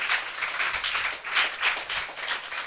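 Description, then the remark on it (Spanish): An audience applauds in a steady, dense wash of many hands clapping at once, holding an even, fairly loud level for a few seconds with no voices standing out. “Amén, amén, si quiere aplaudir, aplauda.”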